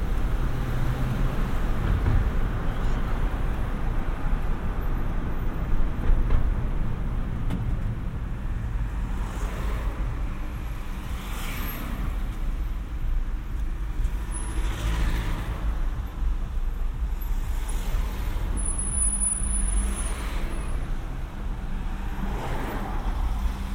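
A car ride through city streets, carried by a steady, dense low rumble of engine and road that barely changes in level. Soft hissing swells pass every few seconds, and brief high squeals, like brakes, cut in around 15 and 19 seconds.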